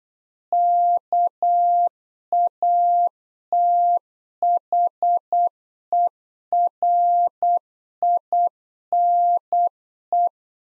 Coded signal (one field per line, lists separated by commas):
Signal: Morse code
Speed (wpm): 8 wpm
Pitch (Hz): 700 Hz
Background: none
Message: KATHERINE